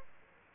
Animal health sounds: mosquito wingbeat signal from an infrared sensor; Aedes aegypti

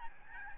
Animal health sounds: mosquito wingbeat signal from an infrared sensor; Aedes albopictus

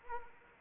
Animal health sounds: mosquito wingbeat signal from an infrared sensor; Anopheles arabiensis

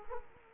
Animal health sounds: mosquito wingbeat signal from an infrared sensor; Culex quinquefasciatus

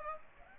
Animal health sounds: mosquito wingbeat signal from an infrared sensor; Aedes aegypti

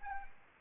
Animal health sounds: mosquito wingbeat signal from an infrared sensor; Anopheles arabiensis

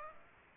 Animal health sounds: mosquito wingbeat signal from an infrared sensor; Aedes aegypti

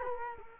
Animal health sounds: mosquito wingbeat signal from an infrared sensor; Culex quinquefasciatus

